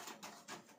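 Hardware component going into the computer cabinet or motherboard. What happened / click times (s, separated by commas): The part is being handled and has not seated yet / none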